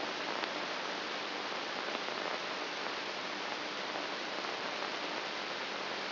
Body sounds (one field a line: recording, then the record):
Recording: brain microelectrode recording played as sound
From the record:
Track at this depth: outside the subthalamic nucleus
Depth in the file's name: 2.138 mm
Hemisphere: left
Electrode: 2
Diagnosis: Parkinson's disease